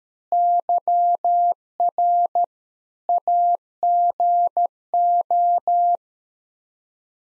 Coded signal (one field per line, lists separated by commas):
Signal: Morse code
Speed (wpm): 13 wpm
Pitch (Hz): 700 Hz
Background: none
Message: YR AGO